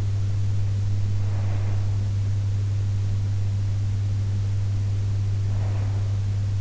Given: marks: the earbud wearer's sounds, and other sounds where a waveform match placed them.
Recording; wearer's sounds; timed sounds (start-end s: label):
sounds in sleep by an in-ear microphone; breath
0.73-2.59 s: breath
5.26-6.48 s: breath